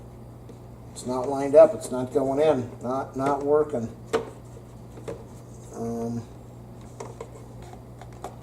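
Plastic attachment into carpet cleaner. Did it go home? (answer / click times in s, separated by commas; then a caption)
yes / 8.2 s. A plastic attachment is pushed into a Bissell ProHeat 2X Revolution Pet Pro carpet cleaner (Model 2007F) after a failed alignment and pressing two buttons, while someone talks over a steady low hum. Light plastic knocks and clicks follow at about 5.1, 7.0 and 7.2 seconds. A sharp snap at 8.2 seconds marks the attachment seating into place.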